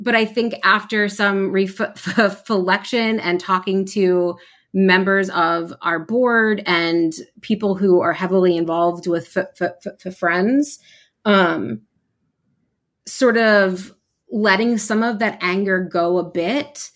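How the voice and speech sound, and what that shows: An adult woman who stutters speaks in a steady voice, with repeated initial 'f' sounds and long silent pauses breaking up her phrases.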